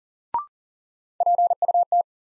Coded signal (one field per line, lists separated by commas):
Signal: Morse code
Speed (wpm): 40 wpm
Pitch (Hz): 700 Hz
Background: none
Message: PUT